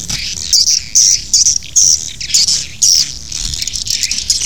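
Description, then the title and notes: Swiftlet chirps, bright high notes repeated in short bursts a bit over two per second, over a faint low background hum. Asia; sound used in swiftlet farming to attract the birds. "Swiflet Bird Sound. Farming Swiflet Bird asia sound"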